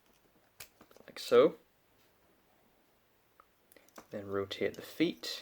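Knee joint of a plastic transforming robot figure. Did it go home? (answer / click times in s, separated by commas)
yes / 0.6 s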